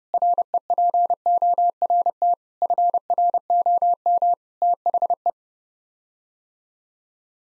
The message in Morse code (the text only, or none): REPORT FROM THE